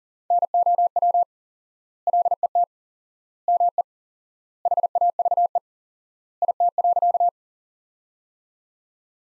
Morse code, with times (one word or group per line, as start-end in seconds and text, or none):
0.3-1.2 NOW
2.1-2.6 LET
3.5-3.8 ME
4.7-5.6 HAVE
6.4-7.3 IT.